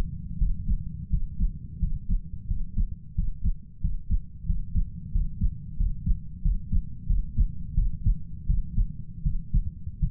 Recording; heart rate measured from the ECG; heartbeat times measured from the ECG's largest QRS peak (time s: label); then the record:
heart sounds by stethoscope; 87 bpm
0.38 s: heartbeat
1.10 s: heartbeat
1.79 s: heartbeat
2.47 s: heartbeat
3.15 s: heartbeat
3.81 s: heartbeat
4.46 s: heartbeat
5.12 s: heartbeat
5.77 s: heartbeat
6.42 s: heartbeat
7.07 s: heartbeat
7.74 s: heartbeat
8.46 s: heartbeat
9.23 s: heartbeat
10.00 s: heartbeat
From the record:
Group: healthy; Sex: male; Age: 33 years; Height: 179 cm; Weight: 80.4 kg